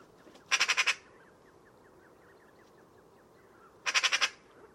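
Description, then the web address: Bird uttering two short rasping bursts, each of about five fast grating pulses, some three seconds apart, with faint soft ticking notes in between. "Bird Only More Classes Pi Pi Pi Pi"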